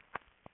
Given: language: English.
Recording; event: throat vibration sensor signal played as sound; swallow